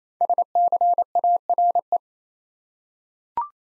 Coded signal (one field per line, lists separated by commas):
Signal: Morse code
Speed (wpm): 27 wpm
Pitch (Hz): 700 Hz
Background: none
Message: SCARE